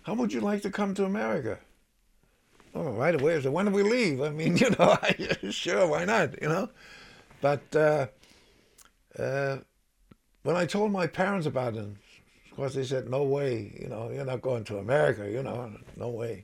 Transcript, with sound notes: "How would you like to come to America?" Oh, right away I said, "When do we leave?" I mean, (he laughs) you know, sure, why not, you know. But when I told my parents about him, of course, they said, "No way," you know, "You're not going to America," you know, no way.